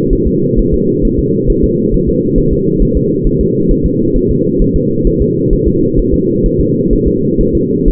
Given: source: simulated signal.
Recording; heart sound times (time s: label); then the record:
fetal heart sounds
0.13 s: S1
0.27 s: S2
0.59 s: S1
0.74 s: S2
1.05 s: S1
1.19 s: S2
1.50 s: S1
1.64 s: S2
1.94 s: S1
2.09 s: S2
2.38 s: S1
2.53 s: S2
2.82 s: S1
2.97 s: S2
3.27 s: S1
3.41 s: S2
3.71 s: S1
3.86 s: S2
4.16 s: S1
4.31 s: S2
4.62 s: S1
4.76 s: S2
5.07 s: S1
5.22 s: S2
5.53 s: S1
5.68 s: S2
5.99 s: S1
6.14 s: S2
6.46 s: S1
6.60 s: S2
6.93 s: S1
7.08 s: S2
7.41 s: S1
7.55 s: S2
7.88 s: S1
From the record:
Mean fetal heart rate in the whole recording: 130 bpm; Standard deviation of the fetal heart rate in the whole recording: 4 bpm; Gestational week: 38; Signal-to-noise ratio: -11.2 dB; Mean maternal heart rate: 72 bpm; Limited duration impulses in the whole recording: present